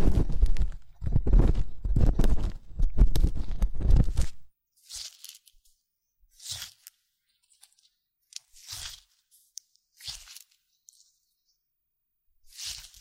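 Ear cleaning massage with dense, rough rubbing and crackling for four seconds, then sparse soft hissy brushes and scrapes separated by silence.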